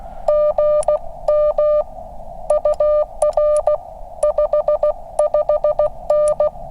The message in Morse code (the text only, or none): GM UR 55N